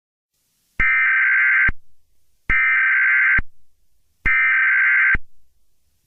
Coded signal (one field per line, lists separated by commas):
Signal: Emergency Alert System (SAME) tones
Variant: header bursts